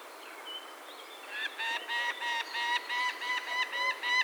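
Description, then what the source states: Peregrine falcon calling: a few thin, faint notes, then a quick series of harsh, rasping kak notes that grows louder and holds a fast, even rhythm. Recorded 6 May 2013.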